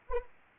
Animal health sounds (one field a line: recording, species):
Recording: mosquito wingbeat signal from an infrared sensor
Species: Anopheles arabiensis